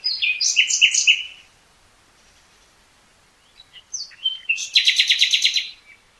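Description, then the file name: Common nightingale sings a chattering phrase, falls silent for a few seconds, then returns with scattered notes leading into a fast, even trill of repeated pulses. "Luscinia megarhynchos"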